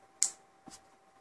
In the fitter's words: when you pull up a tool one should come up and you should get a nice click and it